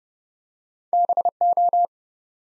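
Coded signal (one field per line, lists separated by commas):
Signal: Morse code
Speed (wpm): 30 wpm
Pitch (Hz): 700 Hz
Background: none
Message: BO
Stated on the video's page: Morse practice at 30 wpm, building four-letter words one letter at a time for instant character recognition.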